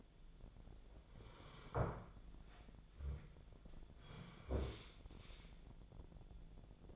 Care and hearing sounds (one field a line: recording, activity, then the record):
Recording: daily activity, microphone in the room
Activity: sit down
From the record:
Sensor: 5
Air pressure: 1008.0 hPa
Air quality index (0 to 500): 154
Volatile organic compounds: 3 ppm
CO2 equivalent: 1474 ppm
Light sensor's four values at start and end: 58/162/63/63 and 58/162/63/63